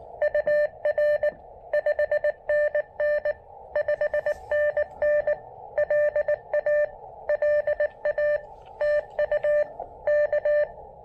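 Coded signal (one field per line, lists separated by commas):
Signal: Morse code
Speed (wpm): 21 wpm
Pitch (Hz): 600 Hz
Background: none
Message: UR 5NN 5NN LA LA TU K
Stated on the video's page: POTA CW activation at 0.1 watts with an EFHW antenna and KX2, on 20, 17 and 40 meters.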